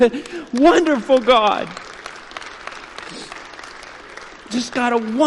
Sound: clapping